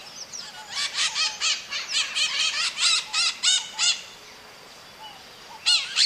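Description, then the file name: Parrot calling in a steady series of harsh, screechy notes about every third of a second, a short pause, then two more loud squawks at the end. "Maritaca"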